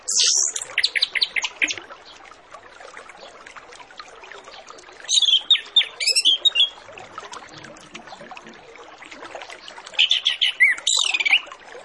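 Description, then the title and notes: Orange-headed Thrush song in three bursts of rapid varied whistles and trills, separated by quieter hissy gaps. Full-fill master song used as a lure to prompt thrushes to sing quickly and openly. "Masteran Anis Kembang Full Isian Untuk Suara Pancingan Anis Kembang Agar Cepat Ngeplong. Suara Burung Anis Kembang"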